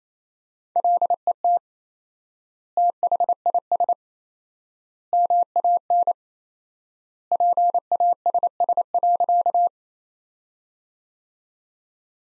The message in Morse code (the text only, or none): LET THIS MAN PASS.